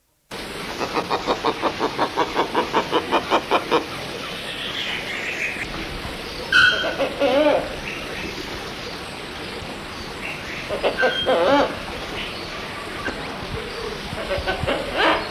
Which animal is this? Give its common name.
Blyth's Hornbill